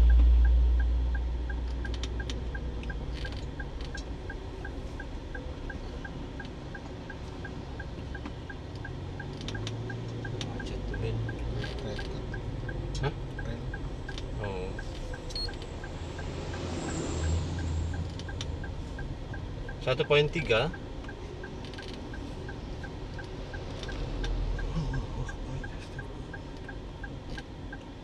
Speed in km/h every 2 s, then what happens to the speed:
7, 7, 6, 5, 5, 5, 5, 5, 5, 5, 5, 5, 5, 4.
0-28 steady at about 5.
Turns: none.